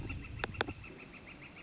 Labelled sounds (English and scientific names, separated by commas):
Northern Flicker (Colaptes auratus)